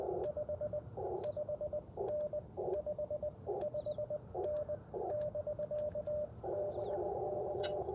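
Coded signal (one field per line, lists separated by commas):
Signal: Morse code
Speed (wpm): 19 wpm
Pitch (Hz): 600 Hz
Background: radio noise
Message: 55N 55N <BK> BK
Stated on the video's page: Parks on the Air CW activation on Icom IC-705 with AlexLoop magnetic loop and BaMaKeY TP-III paddles; sidetone sounds warbly at times.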